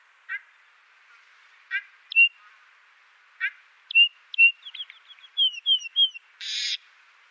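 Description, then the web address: Trumpeter finch song: spaced short notes, then a quick series of downslurred whistles ending in a drawn-out, nasal buzzing note. "Schulze Peter Trumpeter Finch song"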